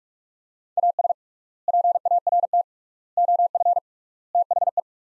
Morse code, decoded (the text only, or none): AS PART OF THE